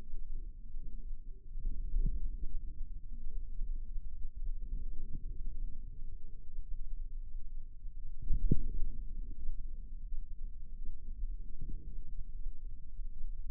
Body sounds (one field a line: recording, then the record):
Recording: forearm muscle sounds (acoustic myography)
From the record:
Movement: radial deviation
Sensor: system 2, bracelet of six BSWA MPA416 microphones around the upper forearm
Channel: 4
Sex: female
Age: 23 years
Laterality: right